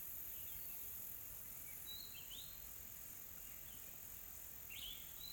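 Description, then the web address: Insects keep up an even, hissing high drone, with a few brief bird whistles and chirps heard over it. Soft, calm insect ambience in a tropical forest, South Africa. "GDC 2020-Game Audio Bundle Smart Sound FX - Nature South Africa AMBIENCE Additional Tropical Forest Soft Insects Calm"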